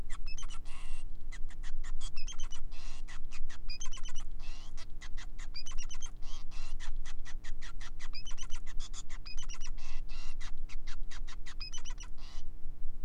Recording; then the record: song of a male Bengalese finch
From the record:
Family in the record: son of father 5